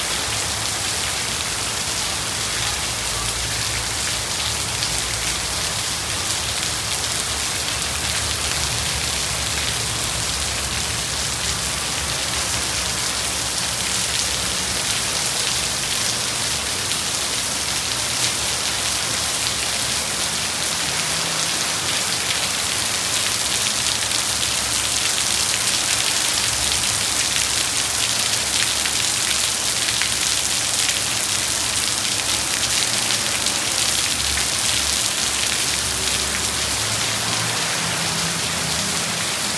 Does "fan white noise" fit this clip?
no